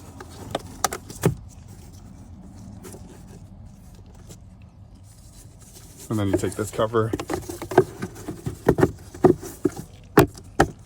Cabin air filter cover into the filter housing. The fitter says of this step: make sure it snaps in place, done.